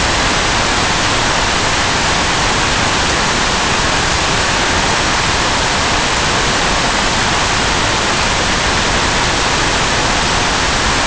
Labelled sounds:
none
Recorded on Arctic tundra, site NAIT-1, on 25 June 2018
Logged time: 03:00

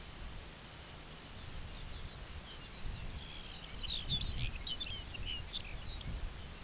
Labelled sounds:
Dunlin (Calidris alpina), Lapland Longspur (Calcarius lapponicus)
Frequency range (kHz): Dunlin (Calidris alpina) 2.3-3.9 kHz; Lapland Longspur (Calcarius lapponicus) 1.1-7.0 kHz
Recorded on Arctic tundra, site UTQI-2, on 17 June 2019
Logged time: 14:00

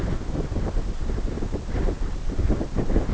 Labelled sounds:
none
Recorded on Arctic tundra, site NAIT-1, on 21 June 2018
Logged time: 17:00

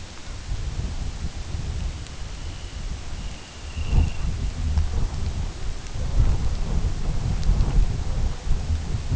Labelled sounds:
Long-tailed Duck (Clangula hyemalis), Dunlin (Calidris alpina)
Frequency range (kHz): Dunlin (Calidris alpina) 2.2-3.7 kHz
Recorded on Arctic tundra, site UTQI-2, on 17 June 2019
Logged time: 08:00

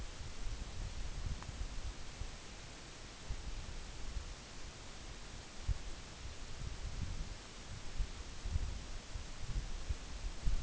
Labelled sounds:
none
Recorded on Arctic tundra, site NAIT-1, on 24 June 2019
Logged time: 14:00

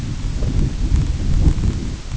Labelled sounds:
none
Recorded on Arctic tundra, site IGLO-A, on 22 June 2018
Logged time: 17:59

